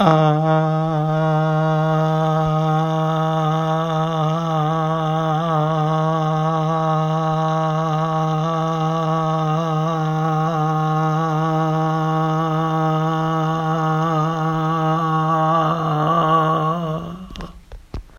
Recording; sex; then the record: sustained vowel /a/; male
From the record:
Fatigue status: no fatigue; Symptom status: symptomatic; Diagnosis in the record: COVID-19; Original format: m4a